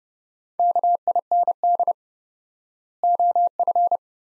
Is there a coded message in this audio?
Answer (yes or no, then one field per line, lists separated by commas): yes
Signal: Morse code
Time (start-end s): 0.6-4.0 s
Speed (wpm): 31 wpm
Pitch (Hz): 700 Hz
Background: none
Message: KIND OF